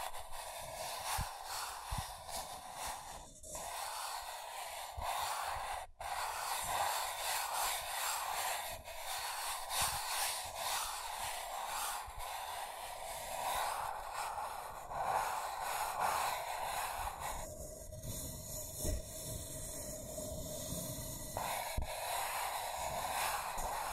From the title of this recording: Scratching & Tracing